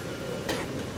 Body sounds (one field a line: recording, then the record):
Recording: coughing mixed with background sound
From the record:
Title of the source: 61 morning phlegmy cough...again